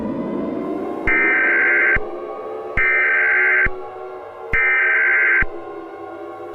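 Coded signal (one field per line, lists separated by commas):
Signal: Emergency Alert System (SAME) tones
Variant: header bursts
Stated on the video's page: Fictional EAS scenario, South Park themed.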